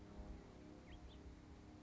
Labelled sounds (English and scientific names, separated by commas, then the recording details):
House Finch (Haemorhous mexicanus)
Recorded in Sonoma County, California